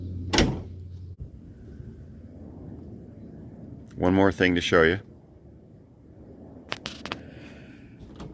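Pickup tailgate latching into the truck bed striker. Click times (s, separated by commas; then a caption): 0.4 s. A pickup tailgate on a Ford Maverick, fitted with a BAK X4s tonneau cover over the bed, is swung shut and its latch catches the truck bed striker with a single loud clunk at 0.4 s, closing easily and seating fully. Someone talks for a moment afterward, and a few brief, sharp clicks follow around 6.7 to 7.1 s.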